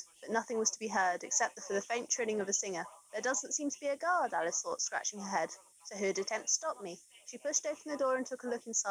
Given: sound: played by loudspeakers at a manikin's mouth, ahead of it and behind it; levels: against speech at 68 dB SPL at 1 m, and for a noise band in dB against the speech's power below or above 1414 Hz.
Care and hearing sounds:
test signals for a remote microphone
0.00-8.91 s: woman speaking, babble ahead at +6 dB SNR for speech at 1 m
From the record:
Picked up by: remote microphone C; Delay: 23 ms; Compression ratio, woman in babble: 1.51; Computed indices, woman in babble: HASPI 0.867, HASQI 0.307 (non-linear 0.358, linear 0.857), ESTOI 0.784

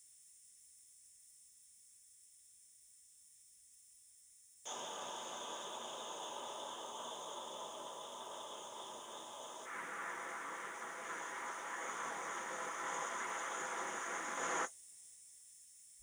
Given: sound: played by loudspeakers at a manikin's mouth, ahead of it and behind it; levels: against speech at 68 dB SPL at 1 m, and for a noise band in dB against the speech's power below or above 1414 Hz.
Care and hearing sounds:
test signals for a remote microphone
4.65-9.65 s: speech-spectrum noise from ahead, +10 dB
9.65-14.65 s: speech-spectrum noise from behind, +10 dB
From the record:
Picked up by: remote microphone D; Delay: 24 ms

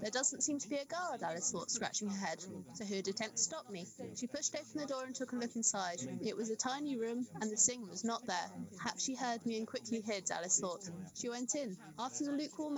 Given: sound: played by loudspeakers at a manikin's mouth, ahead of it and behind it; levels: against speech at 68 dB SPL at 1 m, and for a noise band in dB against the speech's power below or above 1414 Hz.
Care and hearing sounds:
test signals for a remote microphone
0.00-12.78 s: woman speaking, babble ahead at +6 dB SNR for speech at 1 m
From the record:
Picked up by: remote microphone A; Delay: 47 ms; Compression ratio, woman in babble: 7.77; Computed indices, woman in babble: HASPI 0.969, HASQI 0.340 (non-linear 0.394, linear 0.863), ESTOI 0.759

